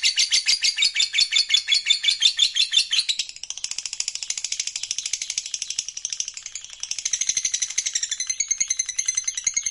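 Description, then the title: Lovebird chattering song: loud rapid shrill trills at first, dipping to a softer buzzy chatter midway, then rising again to strong high chirping near the end. Fighter-type lovebird, gacor (singing energetically). "Berkat SUARA Lovebird FIGHTER GACOR Ini"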